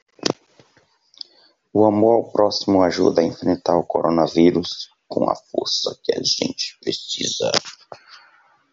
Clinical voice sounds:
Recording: spoken sentence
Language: Brazilian Portuguese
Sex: male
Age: 20 to 29 years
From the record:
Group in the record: control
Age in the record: 24 years

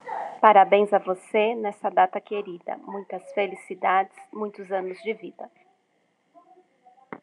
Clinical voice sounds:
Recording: short text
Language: Brazilian Portuguese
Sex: female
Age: 40 to 49 years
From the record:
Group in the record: control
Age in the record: 41 years

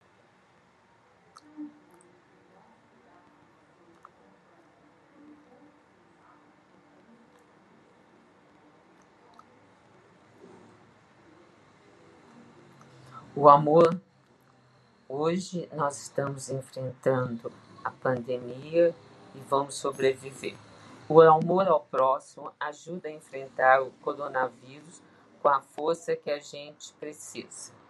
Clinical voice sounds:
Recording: spoken sentence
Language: Brazilian Portuguese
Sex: female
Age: 60 to 69 years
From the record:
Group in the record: control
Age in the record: 65 years

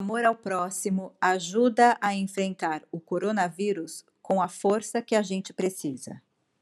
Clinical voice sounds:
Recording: spoken sentence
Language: Brazilian Portuguese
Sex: female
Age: 50 to 59 years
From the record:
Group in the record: control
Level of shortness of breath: 0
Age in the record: 52 years

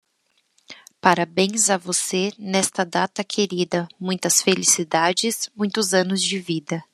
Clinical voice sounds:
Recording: short text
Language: Brazilian Portuguese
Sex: female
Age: 20 to 29 years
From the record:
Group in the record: control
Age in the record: 24 years

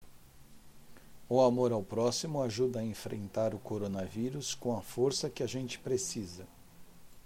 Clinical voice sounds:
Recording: spoken sentence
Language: Brazilian Portuguese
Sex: male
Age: 50 to 59 years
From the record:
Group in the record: control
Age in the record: 53 years

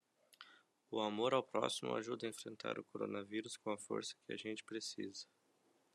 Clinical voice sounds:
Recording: spoken sentence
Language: Brazilian Portuguese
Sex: male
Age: 30 to 39 years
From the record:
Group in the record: control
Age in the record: 38 years

